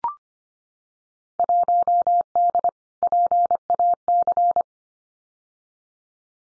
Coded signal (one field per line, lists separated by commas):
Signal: Morse code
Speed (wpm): 25 wpm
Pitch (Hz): 700 Hz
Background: none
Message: 1D PAC